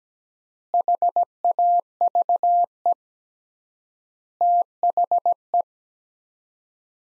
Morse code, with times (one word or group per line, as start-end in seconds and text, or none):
0.7-2.9 HAVE
4.4-5.6 THE